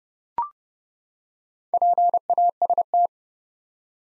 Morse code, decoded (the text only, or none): PAST